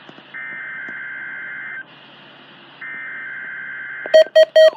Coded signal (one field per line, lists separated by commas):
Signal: Emergency Alert System (SAME) tones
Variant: header bursts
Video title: NOAA Weather Radio Weekly Tests (EAS #1331-1336)